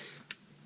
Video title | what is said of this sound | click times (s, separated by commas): Review: Buster Machine CB-01 DX Go-Buster Ace (Tokumei Sentai Go-Busters) | put him right in there he'll snap right in and here we have go Buster | 0.3 s